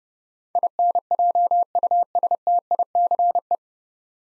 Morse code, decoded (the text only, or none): INJUSTICE